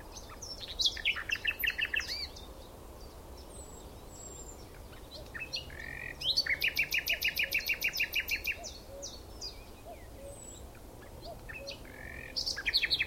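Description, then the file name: Common nightingale singing varied phrases: short whistles and chattering notes, then a long rapid series of repeated rich notes. "Luscinia megarhynchos"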